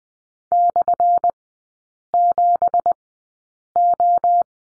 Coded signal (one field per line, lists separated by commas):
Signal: Morse code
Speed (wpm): 20 wpm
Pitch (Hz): 700 Hz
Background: none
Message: /7O